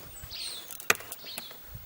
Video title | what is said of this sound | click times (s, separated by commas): Hive Doctor Nuc Boxes | position it through and make sure that that clicks into place | 0.9 s